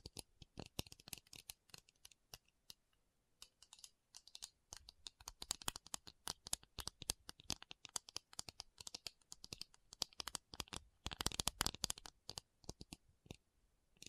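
Quick, dry taps fall in irregular bursts, sparse at first with a near-silent pause around the third second. From about four seconds on the tapping grows dense and busy, peaking in a rapid flurry near eleven seconds before thinning out again.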